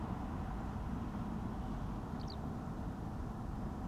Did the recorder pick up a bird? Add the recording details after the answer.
yes. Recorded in France